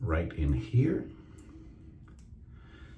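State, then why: Seated. A half DE steel blade is placed into a single-edge razor head, where a magnet and guides pull it into position. Someone talks at first, then the blade snaps in with sharp clicks at 2.1 s and 2.2 s, seating it.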